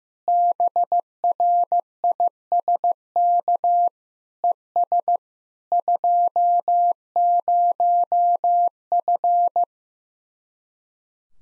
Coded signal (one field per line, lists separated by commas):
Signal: Morse code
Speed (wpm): 15 wpm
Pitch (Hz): 700 Hz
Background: none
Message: BRISK ES 20F